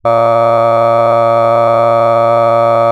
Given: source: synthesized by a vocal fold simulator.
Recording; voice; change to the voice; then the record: sustained vowel; male; cycle-to-cycle stiffness perturbation (roughness), level 5 of 10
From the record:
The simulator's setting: 2.75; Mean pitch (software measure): 116 Hz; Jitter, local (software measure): 1.40%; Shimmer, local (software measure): 5.4%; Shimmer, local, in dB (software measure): 0.46 dB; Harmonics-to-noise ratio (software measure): 16.5 dB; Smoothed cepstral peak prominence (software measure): 20.1 dB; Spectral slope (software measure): -17.1 dB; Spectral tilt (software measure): -11.6 dB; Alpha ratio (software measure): -7.6 dB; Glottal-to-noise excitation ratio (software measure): 0.994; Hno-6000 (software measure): 2.5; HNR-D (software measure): 22.7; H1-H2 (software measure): 5.0 dB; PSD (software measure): 1.0e-04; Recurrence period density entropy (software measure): 0.107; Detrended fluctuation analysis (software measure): 0.0546